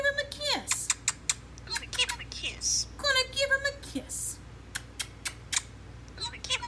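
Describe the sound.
A talking starling, heard in a YouTube video, mixes speech-like phrases with rapid clicks, whistles and rasping chatter, its bursts of mimicked talk jumping between high squeaks and harmonic warbles over a steady low hum.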